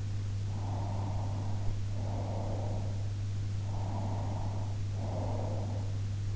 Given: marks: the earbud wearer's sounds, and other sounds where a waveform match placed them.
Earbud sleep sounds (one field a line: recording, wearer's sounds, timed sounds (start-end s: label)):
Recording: sounds in sleep by an in-ear microphone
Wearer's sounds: breath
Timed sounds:
0.58-2.92 s: breath
3.76-5.97 s: breath